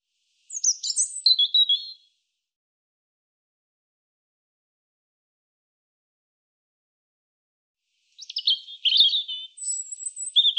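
European robin singing two separate phrases of high thin warbles and trills, split by a pause of about six seconds in silence.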